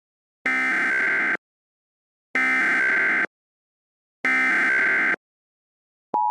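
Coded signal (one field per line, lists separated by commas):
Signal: Emergency Alert System (SAME) tones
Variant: header bursts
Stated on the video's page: Fictional troll EAS scenario, not a real alert.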